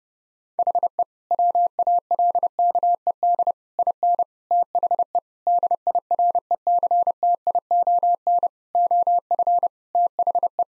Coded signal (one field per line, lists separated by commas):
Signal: Morse code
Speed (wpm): 30 wpm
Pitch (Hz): 700 Hz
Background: none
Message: HE WALKED IN THE DIRECTION OF THE